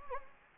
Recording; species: mosquito wingbeat signal from an infrared sensor; Anopheles gambiae